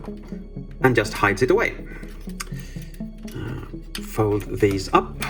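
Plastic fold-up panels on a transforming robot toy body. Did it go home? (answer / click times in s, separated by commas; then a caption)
no / none. Someone talks over background music while handling and folding up the plastic fold-up panels on the body of a Cang Toys CT-CHIYOU-06 Hugerhino (Headstrong) transforming robot toy, with a few brief sharp handling sounds around 2.4 s and 4.0 s. The panels have not clicked into place yet; nothing has seated by the end of the clip.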